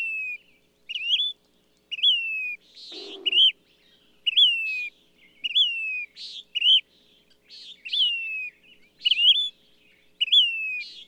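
Bird repeating clear whistled phrases roughly once a second, each a short note followed by a slurred whistle, with a brief harsher buzzy note.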